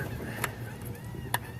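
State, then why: Seated. A plastic wiring connector, likely for the right front wheel speed sensor on a Jeep Cherokee, is reconnected into its mating plug while the harness is checked. A short sharp snap at 0.4 s is followed by a louder click at 1.3 s over a steady low hum. The connector is seated.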